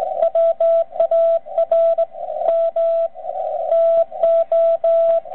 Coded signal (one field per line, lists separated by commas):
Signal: Morse code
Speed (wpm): 20 wpm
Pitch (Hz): 660 Hz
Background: radio noise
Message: WARM TO